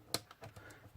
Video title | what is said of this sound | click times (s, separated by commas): Sony PlayStation 3 Slim service. | it's clicked into place | 0.1 s